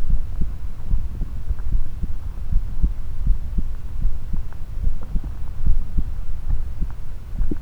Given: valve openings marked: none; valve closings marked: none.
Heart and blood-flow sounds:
heart sounds by stethoscope; 74 bpm
0.13 s: heartbeat (ECG mark)
0.94 s: heartbeat (ECG mark)
1.75 s: heartbeat (ECG mark)
2.55 s: heartbeat (ECG mark)
3.30 s: heartbeat (ECG mark)
4.05 s: heartbeat (ECG mark)
4.87 s: heartbeat (ECG mark)
5.69 s: heartbeat (ECG mark)
6.53 s: heartbeat (ECG mark)
7.41 s: heartbeat (ECG mark)
From the record:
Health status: healthy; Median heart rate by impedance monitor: 71 bpm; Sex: female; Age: 20 years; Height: 170 cm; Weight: 60 kg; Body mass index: 20.76

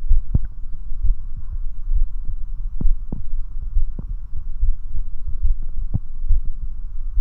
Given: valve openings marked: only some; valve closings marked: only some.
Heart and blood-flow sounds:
heart sounds by stethoscope; 68 bpm
0.12 s: heartbeat (ECG mark)
0.17 s: aortic valve opens (echo mark)
0.46 s: aortic valve closes (echo mark)
1.06 s: heartbeat (ECG mark)
1.11 s: aortic valve opens (echo mark)
1.97 s: heartbeat (ECG mark)
2.86 s: heartbeat (ECG mark)
2.91 s: aortic valve opens (echo mark)
3.78 s: heartbeat (ECG mark)
3.83 s: aortic valve opens (echo mark)
4.09 s: aortic valve closes (echo mark)
4.64 s: heartbeat (ECG mark)
4.70 s: aortic valve opens (echo mark)
4.97 s: aortic valve closes (echo mark)
5.46 s: heartbeat (ECG mark)
5.51 s: aortic valve opens (echo mark)
5.79 s: aortic valve closes (echo mark)
6.31 s: heartbeat (ECG mark)
6.37 s: aortic valve opens (echo mark)
6.62 s: aortic valve closes (echo mark)
7.19 s: heartbeat (ECG mark)
From the record:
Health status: healthy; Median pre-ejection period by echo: 55 ms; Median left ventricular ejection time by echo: 274 ms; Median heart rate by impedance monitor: 69 bpm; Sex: male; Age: 40 years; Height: 179 cm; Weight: 76 kg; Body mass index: 23.72

